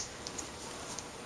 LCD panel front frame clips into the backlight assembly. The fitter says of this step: at the same time you can hear the clicking noise that means they are in place